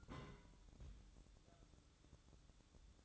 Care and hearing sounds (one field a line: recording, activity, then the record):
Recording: daily activity, microphone in the room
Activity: place on stove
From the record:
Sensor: 3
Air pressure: 1008.1 hPa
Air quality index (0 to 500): 132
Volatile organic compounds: 2 ppm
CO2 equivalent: 1091 ppm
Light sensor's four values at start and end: 8/19/8/7 and 8/19/8/7